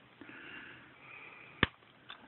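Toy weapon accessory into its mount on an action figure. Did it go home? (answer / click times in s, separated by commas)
yes / 1.6 s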